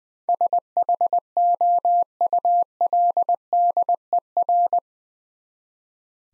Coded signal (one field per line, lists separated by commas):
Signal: Morse code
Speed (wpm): 21 wpm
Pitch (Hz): 700 Hz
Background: none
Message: SHOULDER